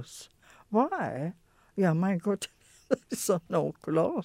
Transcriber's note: chuckles